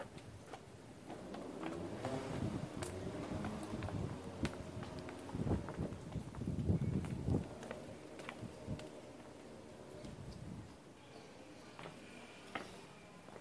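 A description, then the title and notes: A street scene in a hilltop town, with a busy murmur of voices and traffic filling the low end. Clicks and sharp knocks pop up every second or so, and a louder burst of activity swells around the middle before settling back. Taormina, Sicily, Italy. Enregistrements audio réalisés en milieu urbain.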